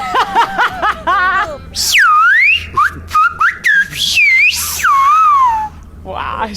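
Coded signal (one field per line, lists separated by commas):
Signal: whistled language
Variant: Silbo Gomero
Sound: a short burst of speech, then loud whistles gliding up and down in phrases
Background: brief speech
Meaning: The whistled phrase says "I am a bit naughty."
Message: Soy un poco travieso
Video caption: [Rogelio] (In Gomeran whistle) Soy un poco travieso. [Elena] Wow, it's just that he's perfectly understandable.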